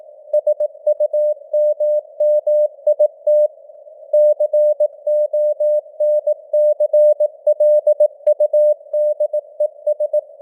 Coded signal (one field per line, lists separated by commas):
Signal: Morse code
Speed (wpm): 18 wpm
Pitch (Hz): 600 Hz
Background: none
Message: SUMMIT CONCLUDES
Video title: Morse Code News | 2025-11-01 | 18wpm